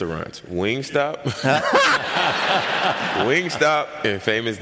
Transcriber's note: laughter